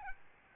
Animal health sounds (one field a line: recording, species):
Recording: mosquito wingbeat signal from an infrared sensor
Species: Aedes albopictus